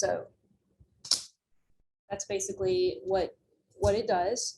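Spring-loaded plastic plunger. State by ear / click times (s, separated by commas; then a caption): released / 1.0 s. A button on a desoldering pump is pressed and the latched spring plunger snaps back at 1.0 s with a sharp, loud burst, sucking air through the tip. Someone talks before and after the snap.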